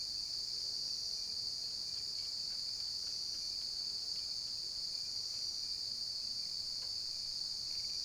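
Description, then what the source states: Even, high-pitched cricket trill runs without a break, accompanied by a few faint ticking sounds. Cricket ambience recorded at night.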